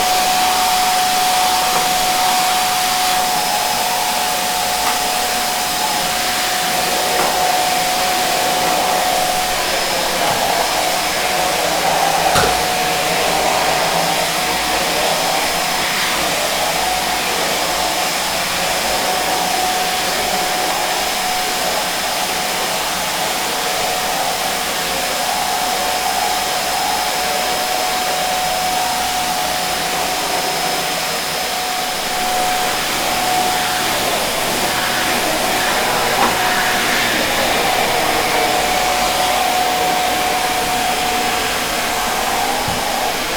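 Soft white noise runs steadily for the whole stretch, an even, airy hiss spread across low and high pitches alike, like a hair dryer or fan. A faint thin tone hovers in the middle register, coming and going, with a quieter low rumble underneath.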